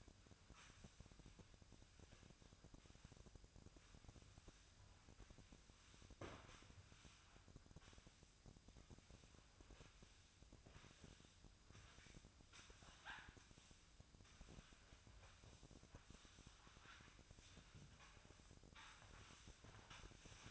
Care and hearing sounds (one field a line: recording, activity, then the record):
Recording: daily activity, microphone in the room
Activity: sweep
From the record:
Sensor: 2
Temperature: 24.5 degrees Celsius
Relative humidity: 39.5%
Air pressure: 1003.0 hPa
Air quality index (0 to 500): 199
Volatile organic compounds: 6 ppm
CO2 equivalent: 1891 ppm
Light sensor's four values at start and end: 11/26/11/12 and 11/26/11/12